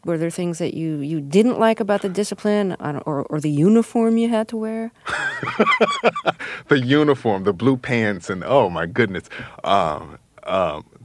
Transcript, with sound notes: Were there things that you didn't like about the discipline or the uniform you had to wear?
(Laughter) The uniform, the blue pants and - oh, my goodness.